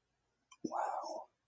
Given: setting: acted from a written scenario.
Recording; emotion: vocal sound without words; serenity